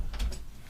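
A room door is shut and pushed until its latch clicks into the door frame strike, to keep the dog out. A short mechanical, ratchet-like click lands at 0.2 s, with brief transients around it, and the latch is confirmed seated.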